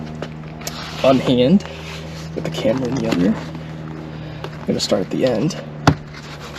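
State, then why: Released. A plastic anchor clip in the interior roof lining trim of a Lexus SC430 is pried off, starting at the end of the trim panel, while someone talks. A sharp pop at 5.9 s marks the clip releasing from the roof lining.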